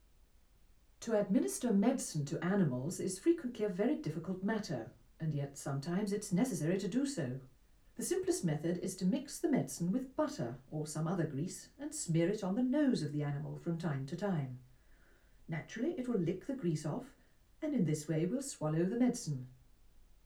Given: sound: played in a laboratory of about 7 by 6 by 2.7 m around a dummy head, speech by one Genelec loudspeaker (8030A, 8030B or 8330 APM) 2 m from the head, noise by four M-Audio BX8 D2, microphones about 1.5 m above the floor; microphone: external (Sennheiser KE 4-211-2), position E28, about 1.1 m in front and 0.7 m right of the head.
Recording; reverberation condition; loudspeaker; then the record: female speech in English; low; 150 degrees to the left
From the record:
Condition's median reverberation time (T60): about 310 ms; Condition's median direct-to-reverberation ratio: about 3.5 dB